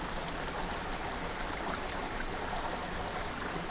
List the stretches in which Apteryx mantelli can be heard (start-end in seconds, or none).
none